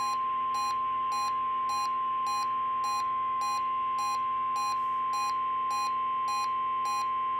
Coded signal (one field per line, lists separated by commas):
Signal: Emergency Alert System (SAME) tones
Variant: 1050 Hz attention tone